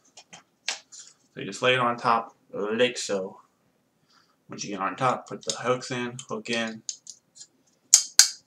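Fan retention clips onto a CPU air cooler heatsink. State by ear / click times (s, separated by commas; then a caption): seated / 7.9 s, 8.2 s. A cooler fan is laid on top of an Enermax ETS-T40 Black Twister CPU tower heatsink, and its wire retention clips are hooked into the fin stack while someone talks. Two sharp, loud clicks at 7.9 s and 8.2 s mark the clips snapping into place, and the fan is seated.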